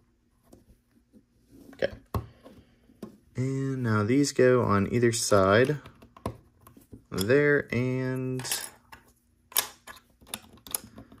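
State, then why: Not seated. Plastic LEGO building bricks are handled and shifted against a LEGO Star Wars model ship build, producing scattered light plastic taps and clicks while someone talks. A brick is being pressed onto the side of the ship, but nothing has seated or snapped on yet.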